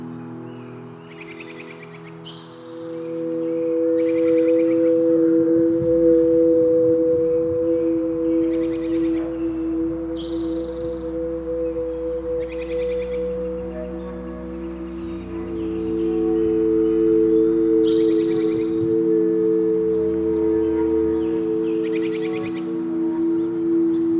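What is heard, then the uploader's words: At Oaks Bottom along the Willamette River, a steady, ringing hum of mid-low tones runs throughout, with a deeper rumble swelling through the middle and again near the end. Short, bright chirps recur every couple of seconds, alternating between lower and sharper higher calls. Today’s soundwalk was taken on on March 16th, 2022 in SE Portland Oregon. Oaks Bottom along the Willamette River.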